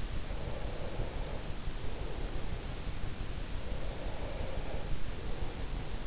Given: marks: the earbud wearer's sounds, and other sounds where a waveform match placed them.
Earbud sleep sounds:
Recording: sounds in sleep by an in-ear microphone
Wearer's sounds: breath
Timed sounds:
0.52-2.59 s: breath
3.50-5.96 s: breath

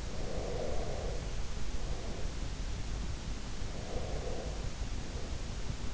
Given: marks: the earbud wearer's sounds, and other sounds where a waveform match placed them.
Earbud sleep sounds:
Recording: sounds in sleep by an in-ear microphone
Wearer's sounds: breath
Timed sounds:
0.17-2.58 s: breath
3.55-5.94 s: breath

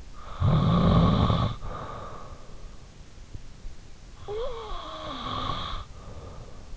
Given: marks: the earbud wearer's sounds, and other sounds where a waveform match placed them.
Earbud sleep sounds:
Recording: sounds in sleep by an in-ear microphone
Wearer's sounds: snoring breath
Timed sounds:
0.06-2.35 s: snoring breath
3.49-6.47 s: snoring breath

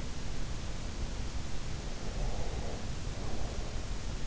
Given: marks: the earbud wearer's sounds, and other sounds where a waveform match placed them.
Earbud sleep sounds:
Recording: sounds in sleep by an in-ear microphone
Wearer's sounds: breath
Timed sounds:
2.10-3.85 s: breath

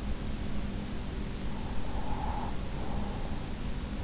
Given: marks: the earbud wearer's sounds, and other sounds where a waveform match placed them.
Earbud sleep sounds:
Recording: sounds in sleep by an in-ear microphone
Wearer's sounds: breath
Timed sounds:
1.84-3.70 s: breath

